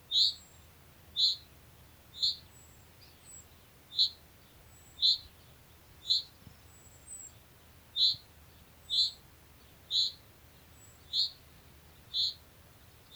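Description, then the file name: Common chaffinch giving a steady run of bright, clipped single notes, roughly one each second, many in sequence, with a soft background hiss. "Fringilla coelebs"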